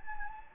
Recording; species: mosquito wingbeat signal from an infrared sensor; Anopheles gambiae